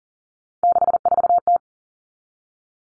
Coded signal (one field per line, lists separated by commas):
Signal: Morse code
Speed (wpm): 40 wpm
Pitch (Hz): 700 Hz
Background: none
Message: 64T